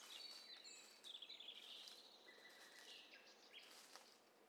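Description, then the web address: Several birds calling at once, thin high whistles and short trills overlapping, with a steady flat whistle midway. Stereo mixture of several birds calling together, from a bird cocktail party challenge test set. "STEREO BIRD COCKTAIL PARTY Challenge SBCP TESTSET HDBird Cocktail Party"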